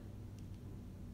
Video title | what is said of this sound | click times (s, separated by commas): LEGO Women of NASA Unboxing and Build! [Archived] | on snap into place this is her hair there we go | 0.4 s